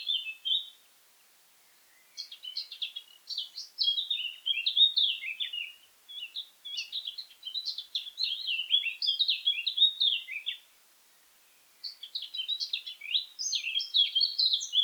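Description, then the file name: Eurasian blackcap delivering repeated bursts of quick, scratchy warbling, each phrase a few seconds long and separated by brief silences. "Sylvia atricapilla"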